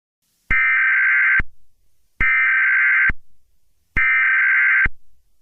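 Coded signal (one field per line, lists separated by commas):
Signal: Emergency Alert System (SAME) tones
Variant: header bursts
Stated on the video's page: Fictional EAS scenario.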